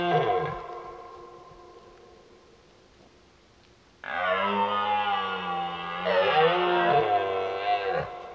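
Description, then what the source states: Red deer roaring: the tail of one bellow, a pause, then a long, rough, powerful roar with wavering pitch lasting four seconds. Rutting roars heard in the distance.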